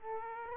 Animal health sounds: mosquito wingbeat signal from an infrared sensor; Aedes aegypti

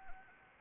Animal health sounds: mosquito wingbeat signal from an infrared sensor; Anopheles arabiensis

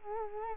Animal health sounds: mosquito wingbeat signal from an infrared sensor; Culex quinquefasciatus

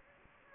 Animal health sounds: mosquito wingbeat signal from an infrared sensor; Anopheles gambiae

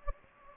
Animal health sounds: mosquito wingbeat signal from an infrared sensor; Anopheles gambiae

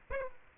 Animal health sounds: mosquito wingbeat signal from an infrared sensor; Aedes aegypti

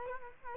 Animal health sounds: mosquito wingbeat signal from an infrared sensor; Culex quinquefasciatus

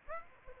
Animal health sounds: mosquito wingbeat signal from an infrared sensor; Aedes aegypti

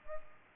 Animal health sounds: mosquito wingbeat signal from an infrared sensor; Culex pipiens

